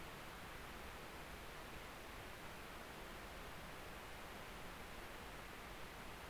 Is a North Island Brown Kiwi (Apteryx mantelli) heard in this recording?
no